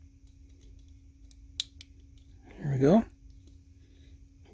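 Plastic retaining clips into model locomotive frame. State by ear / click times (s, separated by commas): seated / 1.6 s, 1.8 s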